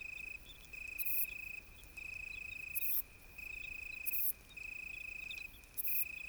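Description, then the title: Italian tree cricket giving long, smooth trills broken by short silences, with sharp hissy insect bursts between phrases. Italian tree cricket singing in deep darkness on a moonless night during a thunderstorm with occasional lightning; Ephippiger vineyard bush-cricket and tinkling crickets audible in background. "naturophonie. Un grillon sous l'orage"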